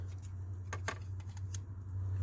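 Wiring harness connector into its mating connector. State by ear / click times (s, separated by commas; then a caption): not seated / none. A plastic wiring harness connector on the medium speed CAN bus circuit of a 2016 Ford F-350 6.7L is pushed into its mating connector, giving a few short, sharp plastic taps around 0.7, 0.9 and 1.6 seconds over a steady low hum. The broken plastic latch fails to catch, so nothing has clicked or locked yet.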